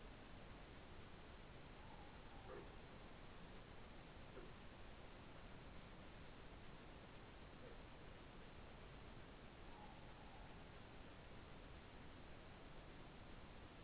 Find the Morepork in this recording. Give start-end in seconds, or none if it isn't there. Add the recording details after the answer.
1.68-2.58, 9.51-10.55. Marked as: faintness 4/5. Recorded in New Zealand. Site Taranaki